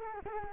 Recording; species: mosquito wingbeat signal from an infrared sensor; Culex quinquefasciatus